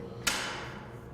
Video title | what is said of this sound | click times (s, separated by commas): Debbie-Rand Memorial Service League Emergency Room Volunteer Training Video | and here click in place also | 0.3 s